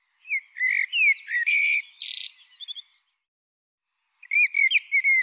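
Bird song: one varied phrase of swooping whistles and a buzzy note, then a pause of over a second and the start of another phrase.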